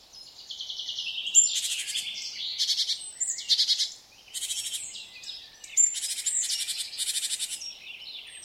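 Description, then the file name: Great tit scolding churrs, buzzy and rasping, in grouped bursts with high thin whistles, with two brief quiet gaps. "Parus major"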